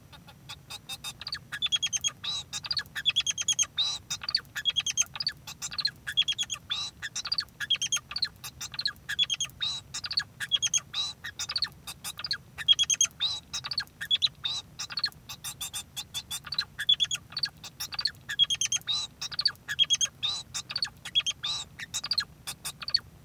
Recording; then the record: song of a male Bengalese finch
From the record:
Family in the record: son of father 2